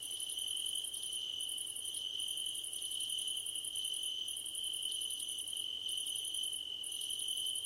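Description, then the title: Cricket chorus with a constant shrill hum and fast, very high pulsed trills broken by short gaps about every one to two seconds. Crickets at night under a starlit sky. "Nighttime Ambience with Crickets"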